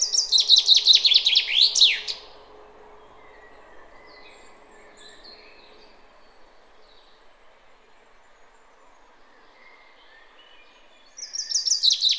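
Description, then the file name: Common chaffinch song: a bright descending trill ending in a flourish over the first two seconds, then near quiet, with another song starting near the end. "Fringilla coelebs"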